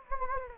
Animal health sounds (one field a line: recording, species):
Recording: mosquito wingbeat signal from an infrared sensor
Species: Anopheles gambiae